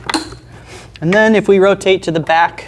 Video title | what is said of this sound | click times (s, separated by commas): Hoover Hustone 15+ Upright Vacuum Cleaner | and then the other filter the secondary filter goes on and it just snaps into place | 0.1 s